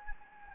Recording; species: mosquito wingbeat signal from an infrared sensor; Anopheles gambiae